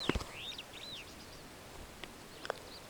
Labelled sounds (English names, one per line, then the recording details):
Superb Starling flight call
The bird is a female
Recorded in Kenya on 18 June 2010
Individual 37, of group DRT2